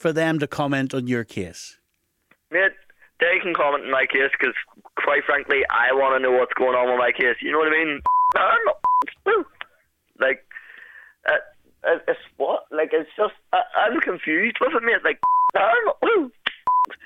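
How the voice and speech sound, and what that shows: A young man speaks over a phone line with hesitations and restarts. Brief, stretched 'woo' sounds break into his speech, matching the involuntary vocal tics of Tourette syndrome. Short beeps sound in the background.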